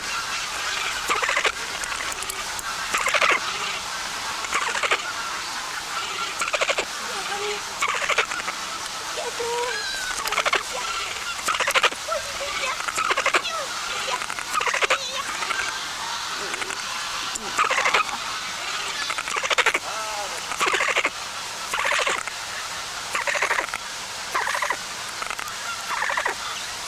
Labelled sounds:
Northern Bald Ibis call
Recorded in captivity
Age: subadult
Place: Konrad-Lorenz-Forschungsstelle, Almtal, Oberösterreich, AT
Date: 1999-11-13 15:28
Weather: bedeckt, 5°C
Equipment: Sony WM-D6C, Sennheiser ME 80, Kopie Uher 4000 Report Monitor
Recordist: Tembrock, Günter

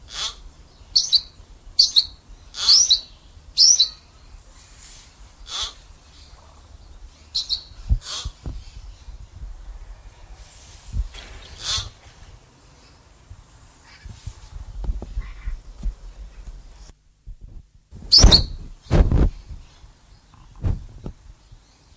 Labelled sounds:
Meyer's Parrot call
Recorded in captivity
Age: adult
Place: Zoo Halle, Sachsen-Anhalt, DE
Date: 2007-10-08 14:45
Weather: sonnig, 14°C
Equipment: Sony WM-D6C, Sennheiser ME 80, Kopie Uher 4000 Report Monitor
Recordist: Tembrock, Günter

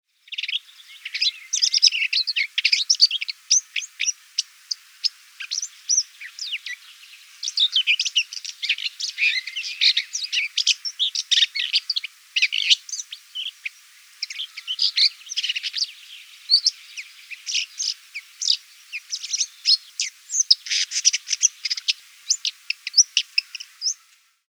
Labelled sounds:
Red-backed Shrike
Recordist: Tretzel, Erwin
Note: Gesang (mit Imitationen)

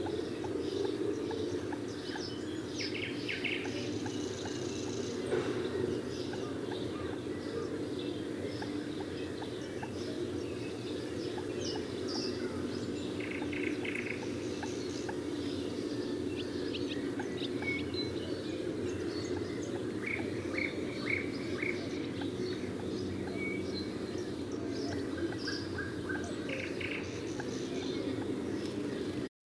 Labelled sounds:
Common Moorhen call
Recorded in the wild
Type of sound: call
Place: Schönfeld, Brandenburg, DE
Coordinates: 53.396, 14.006
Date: 1993-05-16
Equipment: Nagra III BH, Sennheiser MD 21, parabola
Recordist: Schubert, Michael
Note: Teichhuhn sehr leise "duck" - Rufe

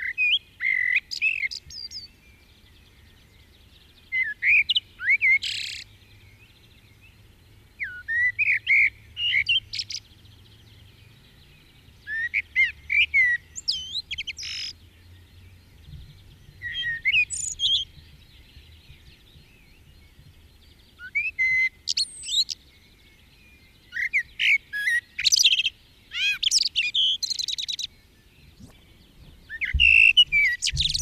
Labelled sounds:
Common Blackbird
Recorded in the wild
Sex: male
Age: adult
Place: Garmisch-Partenkirchen, Bayern, DE
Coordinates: 47.4925, 11.0739
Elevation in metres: 708
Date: 1969-04-12
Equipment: Uher 4000 Report
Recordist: Tretzel, Erwin

